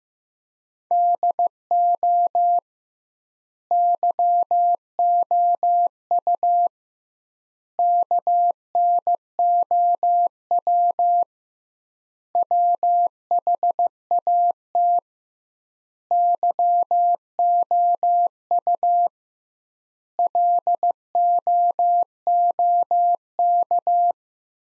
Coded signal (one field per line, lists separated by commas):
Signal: Morse code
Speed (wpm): 16 wpm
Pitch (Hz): 700 Hz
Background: none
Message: DO YOU KNOW WHAT YOU LOOK